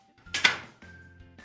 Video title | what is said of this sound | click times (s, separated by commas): [IKEA 가구] 이케아 헬메르(HELMER) 철제서랍, 조립 따라하기~ 가구조립 어렵지 않아요~ | 홈에 맞춰서 밑에서 위로 딸깍 소리가 날때까지 눌러주세요 | 0.3 s, 0.5 s